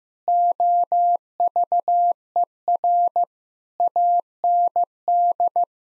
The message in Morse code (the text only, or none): OVER AND